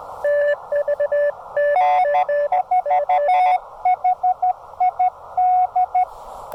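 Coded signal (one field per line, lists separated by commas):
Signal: Morse code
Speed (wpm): 13 wpm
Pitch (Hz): 730 Hz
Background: none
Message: N4HID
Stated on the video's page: Park activation CW on 20 meters, Elecraft KX2 with KXPD2 paddles into an MFJ-1984LP end-fed half-wave antenna; loose PL-259 connector caused some scratchiness.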